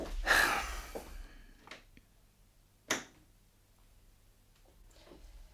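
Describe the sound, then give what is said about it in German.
A light switch clicks on with one crisp, sharp snap, preceded by a short burst of rustling noise and followed by a couple of faint ticks in an otherwise quiet stretch. “Erst mache ich Licht an.”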